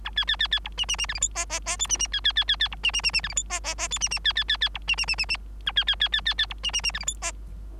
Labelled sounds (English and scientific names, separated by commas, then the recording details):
Bengalese Finch (Lonchura striata domestica) song
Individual Bird3